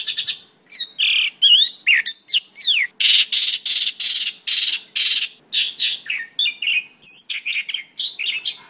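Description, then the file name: Pakling: songbird song, a continuous jumbled stream of high, varied notes: sweeping whistles, rapid chirps and buzzy bursts with very short pauses between them. Song-tutor (kicau master) recording of the pakling for training cage birds. "kicau master pakling omkicau"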